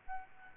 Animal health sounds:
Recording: mosquito wingbeat signal from an infrared sensor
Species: Aedes albopictus

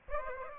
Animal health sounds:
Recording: mosquito wingbeat signal from an infrared sensor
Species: Aedes aegypti

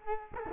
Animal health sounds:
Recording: mosquito wingbeat signal from an infrared sensor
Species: Culex quinquefasciatus

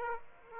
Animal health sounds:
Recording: mosquito wingbeat signal from an infrared sensor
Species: Aedes aegypti

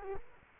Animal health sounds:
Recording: mosquito wingbeat signal from an infrared sensor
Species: Culex quinquefasciatus

